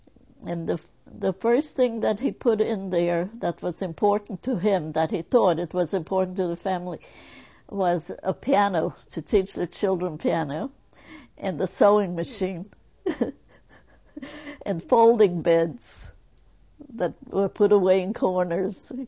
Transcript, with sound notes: The first thing that he put in there that was important to him, that he thought it was important to the family, was a piano to teach the children piano, and a sewing machine. (She laughs.) And folding beds that were put in the corners.